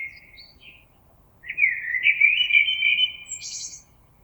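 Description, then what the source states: Common blackbird song: a brief opening note, then a long, fluty, slightly rising warble that finishes in a high, scratchy flourish. Recorded on 26 April 2022.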